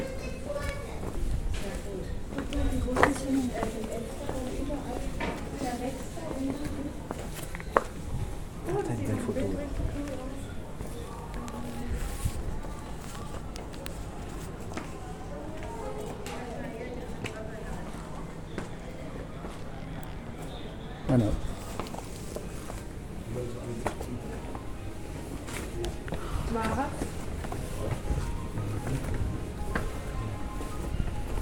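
A sound walk through Cadaqués, with voices talking throughout in a steady, busy murmur. Occasional sharp knocks and clicks stand out, one around 8 seconds and another near 21, along with scattered footstep-like taps over a low, constant background hum.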